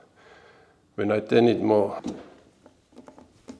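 A spring-loaded top dead centre locking pin rests against a motorcycle engine crankcase as the engine is turned over by the rear wheel to bring the cams toward top dead centre. Someone talks, then a few faint, short ticks and knocks follow between about 2.7 and 3.5 seconds. The pin has not yet dropped into its slot or clicked into place.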